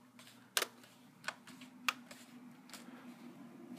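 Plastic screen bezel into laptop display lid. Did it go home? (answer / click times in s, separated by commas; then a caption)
yes / 0.6 s, 1.9 s. The plastic screen bezel of an Asus X55VD laptop is pressed back into the display lid along one side during a screen replacement, with the clips worked in by hand. Sharp snaps sound at 0.6 s and 1.9 s, with softer ticks between them over a low steady hum. The bezel clips are seated and snapped back in along that edge.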